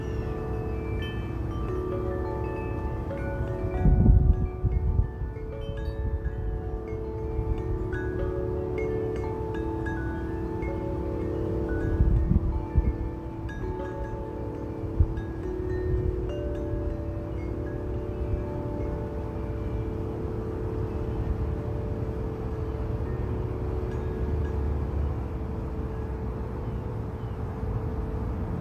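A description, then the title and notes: Chime tree tones ring and sustain over a low steady rumble, with louder bursts near 4 and 12 seconds, then fade gradually. Chime Tree.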